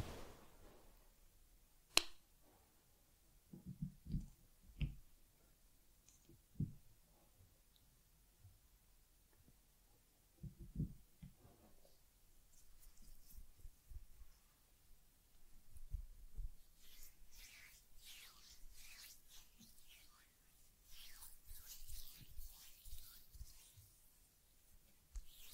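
Ear cleaning on a teddy: soft low taps and a sharp click early, then steady bright scratchy rubbing fills the last ten seconds.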